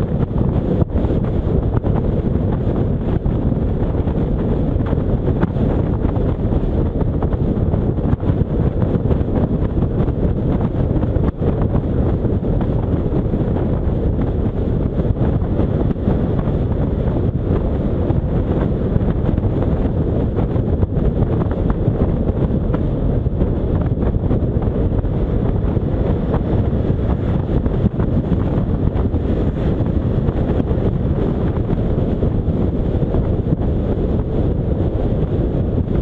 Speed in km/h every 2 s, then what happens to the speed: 58, 59, 60, 58, 58, 56, 56, 55, 56, 54, 52, 52, 55, 56, 57, 57, 55, 53.
0-36 steady at about 56.